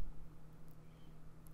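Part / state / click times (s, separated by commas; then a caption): motherboard I/O shield into computer case rear panel / seated / 1.5 s. A metal motherboard I/O shield is pressed into the rear opening of a Lian-Li V-358 computer case over a steady low hum. A faint tick comes at 0.7 s, and a sharp snap at 1.5 s marks the shield seating in place.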